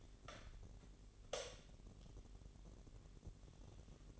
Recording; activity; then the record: daily activity, microphone in the room; light on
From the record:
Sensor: 4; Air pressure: 1012.7 hPa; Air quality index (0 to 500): 247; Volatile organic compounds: 4 ppm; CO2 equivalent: 1681 ppm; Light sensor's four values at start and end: 15/34/14/14 and 17/44/17/18